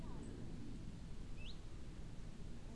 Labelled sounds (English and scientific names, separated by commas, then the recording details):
Common Chiffchaff (Phylloscopus collybita)
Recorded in Germany
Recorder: ecoPi